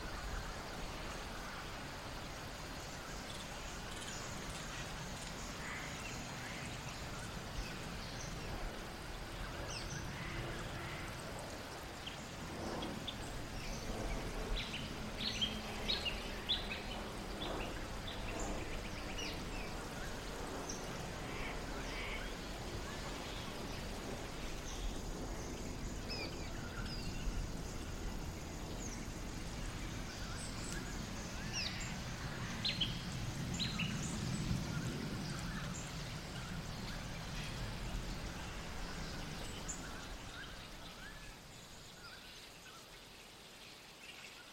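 A colony of flying foxes chatters at dusk, their squeaks and squabbling calls scattered densely across the clip, busiest from about 12 to 35 seconds. A soft, steady rush of breeze and low rumble sits underneath, easing off toward the end.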